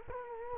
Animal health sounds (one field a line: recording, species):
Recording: mosquito wingbeat signal from an infrared sensor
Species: Culex quinquefasciatus